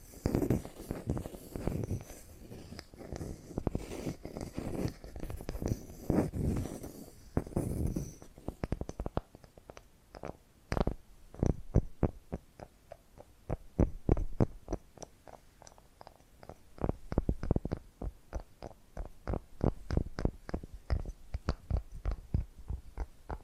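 Tapping and scratching with two distinct halves. For the first eight seconds, dense, heavy, low thumping scratches crowd together. Then it switches to sharp, separate taps in quick, fairly even bursts, with brief pauses around the middle and near the end.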